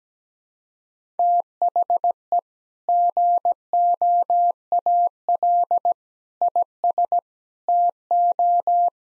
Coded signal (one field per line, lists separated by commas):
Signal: Morse code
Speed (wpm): 17 wpm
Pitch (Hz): 700 Hz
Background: none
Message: THE GOAL IS TO